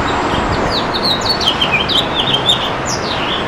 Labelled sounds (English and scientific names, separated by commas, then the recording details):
House Finch (Haemorhous mexicanus) song
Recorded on Long Island, New York, on 11 June 2012
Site OP
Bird C